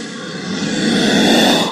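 Cobra hiss: one rough, breathy rush of noise that swells over under two seconds and then cuts off sharply.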